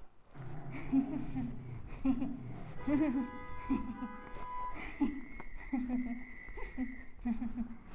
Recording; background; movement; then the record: laughter; traffic; walking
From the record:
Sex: female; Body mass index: 22.6 kg/m2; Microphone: on the chest, facing the body